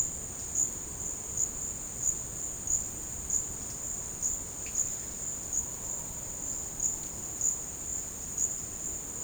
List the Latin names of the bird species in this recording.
none